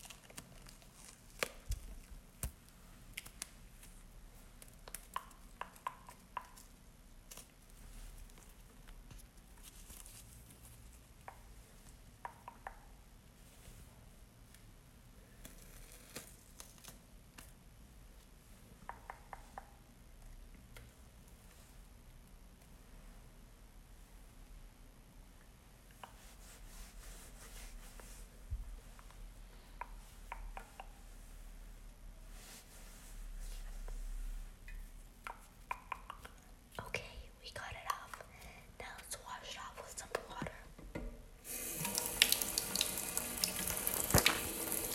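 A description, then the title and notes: A peel-off mask is slowly pulled from skin, soft sticky crackles and clicks, then water rushes loudly near the end. Peeling off a peel off mask.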